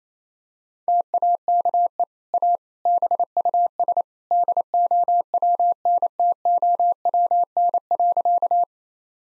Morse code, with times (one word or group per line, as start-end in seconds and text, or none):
0.9-2.0 TAKE
2.3-2.6 A
2.9-4.0 BUS
4.3-8.6 DOWNTOWN.